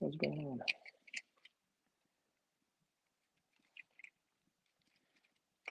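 Someone talks briefly while trying again to snap the plastic brick front section onto the hull of a Brickmania M4 Sherman tank, followed by faint plastic taps and rattles around 1.1–1.5 s, 3.8–4.1 s and 5.7 s. Nothing has seated or clicked yet: the section fails to connect and comes apart.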